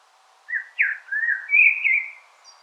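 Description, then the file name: Common blackbird whistling one smooth, melodious phrase that climbs and wavers, closing with a faint high note. "Turdus merula"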